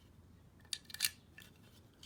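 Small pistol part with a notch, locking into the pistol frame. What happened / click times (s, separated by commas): A small metal part is handled but not yet seated / none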